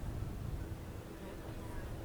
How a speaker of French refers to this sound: Avec le bruit du tracteur, ouais. Il fait un bruit étonnant d'ailleurs, ce tracteur.